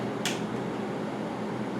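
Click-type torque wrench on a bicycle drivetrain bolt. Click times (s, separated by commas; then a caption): 0.2 s. A click-type torque wrench tightens a second bicycle drivetrain bolt until it clicks at the set torque at 0.3 s. A single short, bright click stands out over a steady low background hum, and the bolt reaches its set torque.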